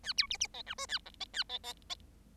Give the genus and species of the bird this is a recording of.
Lonchura striata domestica